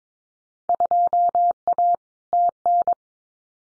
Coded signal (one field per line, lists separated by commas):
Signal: Morse code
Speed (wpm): 22 wpm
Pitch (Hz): 700 Hz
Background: none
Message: 2A TN